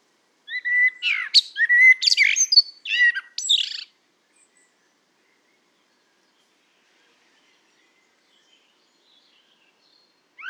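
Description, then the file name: Common blackbird song: one warbled phrase of low fluted notes that breaks into a squeaky high twitter, followed by a long silence before another phrase begins. "Turdus merula"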